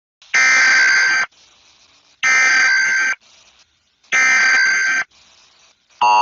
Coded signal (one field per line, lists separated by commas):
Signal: Emergency Alert System (SAME) tones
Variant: header bursts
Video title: EAS scenario: Selever.exe